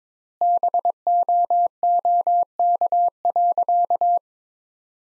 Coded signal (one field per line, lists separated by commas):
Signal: Morse code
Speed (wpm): 22 wpm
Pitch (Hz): 700 Hz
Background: none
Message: BOOK.